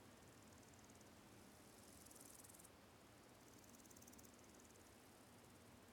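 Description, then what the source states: Cicadas give a high, rasping, pulsed buzz in a few bursts over a steady background hiss. Countryside ambience of quiet fields with slowly calling cicadas, three of them close.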